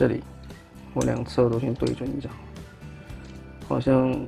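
During transformation of a Baiwei TW1024 Supreme Leader, a plastic transforming robot figure and knock-off of SS61, the chest armor plate is aligned on both sides so its inner recess can be pressed onto a peg on the torso. Someone talks over background music, with a faint handling tap near 2.6 s. Nothing has seated or clicked yet.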